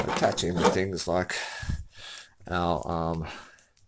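Someone talks while holding a plastic Beyblade Burst Rise Hypersphere spinning top layer that will be twisted by hand to lock onto another energy layer. Nothing has seated or clicked yet; the clip ends just before the part goes home, with only faint brief handling ticks near the end.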